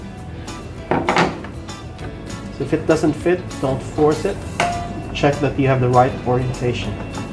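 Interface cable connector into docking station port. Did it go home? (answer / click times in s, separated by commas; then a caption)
no / none. A keyed interface cable connector is handled in the correct orientation at the port of a Beam IsatDock2 PRO docking station for the IsatPhone 2. Music plays while someone talks, and brief handling knocks come near 0.9, 1.1 and 1.5 seconds. The connector has not yet gone home; nothing has seated or clicked yet.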